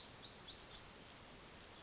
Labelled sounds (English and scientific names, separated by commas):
Bewick's Wren (Thryomanes bewickii)